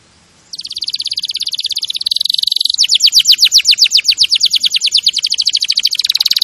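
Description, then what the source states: Canary song with long rapid rattling trills, first buzzy and steady, then slower pulsed notes repeated several times a second. Champion canary song used as a master recording for training other birds.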